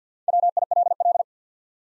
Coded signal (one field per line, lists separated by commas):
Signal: Morse code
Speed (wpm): 48 wpm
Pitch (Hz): 700 Hz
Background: none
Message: WILL